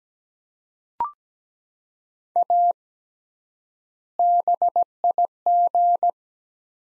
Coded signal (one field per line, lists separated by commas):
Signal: Morse code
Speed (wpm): 17 wpm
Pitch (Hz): 700 Hz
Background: none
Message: A BIG